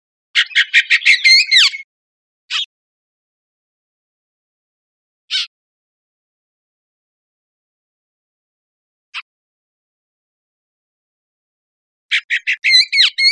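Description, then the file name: Bullock's oriole chatter: a rapid dry burst of harsh notes, then single scratchy notes spaced a few seconds apart, and a final chattering burst. Recorded 5 May 2002. "CR BUOR 050502"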